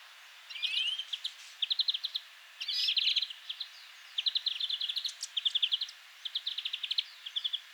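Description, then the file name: European greenfinch twittering: short clusters of quick chirping notes repeated throughout, with a brief buzzier phrase near three seconds. "Chloris chloris"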